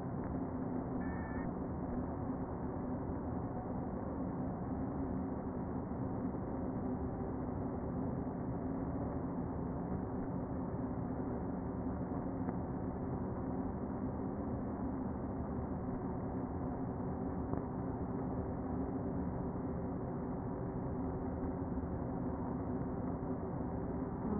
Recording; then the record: honeybee colony, microphone inside the hive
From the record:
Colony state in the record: queen present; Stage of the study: before two queens were removed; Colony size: about 60,000 bees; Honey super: yes